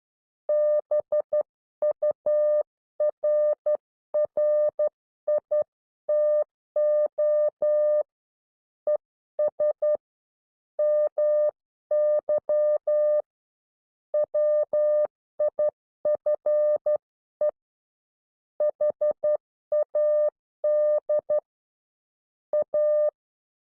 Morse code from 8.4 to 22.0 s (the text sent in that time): ES MY WIFE HAD